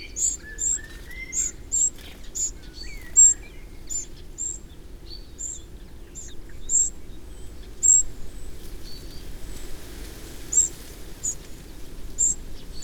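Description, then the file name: Eurasian wren calls, high ticks in a quick run early, then sparser, with soft chirps from other birds and faint background hiss. "Troglodytes troglodytes"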